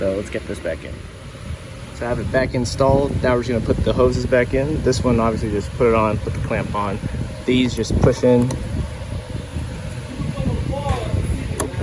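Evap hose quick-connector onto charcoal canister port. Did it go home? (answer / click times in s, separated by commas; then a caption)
yes / 11.6 s. A push-in evap hose quick-connector is pressed onto the charcoal canister port of a 2007 Audi A4 during a canister replacement, while someone talks over a steady low rumble. A sharp click at 11.6 s marks the connector seating.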